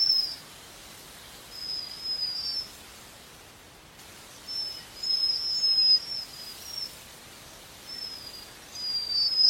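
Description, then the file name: Japanese waxwing giving soft, very high trilled notes in scattered bursts separated by quiet gaps, with a faint steady hiss throughout. "Canto da japanese Waxwing"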